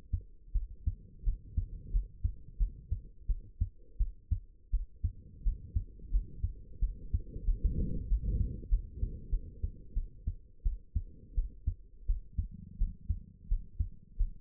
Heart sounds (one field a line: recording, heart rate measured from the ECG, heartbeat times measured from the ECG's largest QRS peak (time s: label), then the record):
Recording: heart sounds by stethoscope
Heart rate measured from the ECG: 88 bpm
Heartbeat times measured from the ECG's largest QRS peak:
0.53 s: heartbeat
1.24 s: heartbeat
1.91 s: heartbeat
2.58 s: heartbeat
3.27 s: heartbeat
3.98 s: heartbeat
4.71 s: heartbeat
5.44 s: heartbeat
6.11 s: heartbeat
6.80 s: heartbeat
7.45 s: heartbeat
8.08 s: heartbeat
8.69 s: heartbeat
9.30 s: heartbeat
9.94 s: heartbeat
10.63 s: heartbeat
11.35 s: heartbeat
12.07 s: heartbeat
12.78 s: heartbeat
13.49 s: heartbeat
14.17 s: heartbeat
From the record:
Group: healthy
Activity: rest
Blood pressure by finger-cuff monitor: 88/49 mmHg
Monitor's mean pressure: 63 mmHg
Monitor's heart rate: 86 bpm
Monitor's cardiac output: 8.7 L/min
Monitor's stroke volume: 102 mL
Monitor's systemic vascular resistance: 540 dyn s/cm5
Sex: female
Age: 22 years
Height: 161 cm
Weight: 65.5 kg